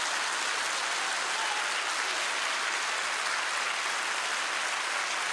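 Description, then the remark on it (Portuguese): Sustained applause from a church audience applauding the Lord, a dense, steady wash of many hands clapping at even loudness for several seconds with no voices above it. “Vamos aplaudir o Senhor, o melhor aplauso. Pode aplaudir.”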